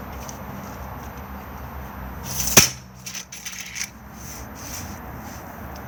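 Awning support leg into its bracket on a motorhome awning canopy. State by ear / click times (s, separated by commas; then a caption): seated / 2.6 s. On a Benimar Mileo 286 motorhome, an awning support leg is released and tightened into its bracket on the awning canopy. Several metallic knocks come from the leg, with the loudest sharp knock at 2.6 s and a smaller one around 3.8 s. At 2.6 s the leg locks into place and seats.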